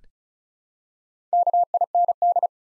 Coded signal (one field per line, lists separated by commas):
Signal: Morse code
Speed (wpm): 36 wpm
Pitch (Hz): 700 Hz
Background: none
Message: KIND